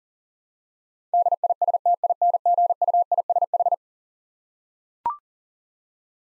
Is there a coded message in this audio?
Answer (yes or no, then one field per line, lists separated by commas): yes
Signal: Morse code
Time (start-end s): 1.1-3.7 s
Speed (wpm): 40 wpm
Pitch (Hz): 700 Hz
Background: none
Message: DISTINGUISH